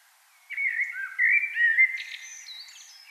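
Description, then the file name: Common blackbird song: a short, mellow fluted warble of slurred notes that ends in a thin, high, squeaky twitter. "Turdus merula"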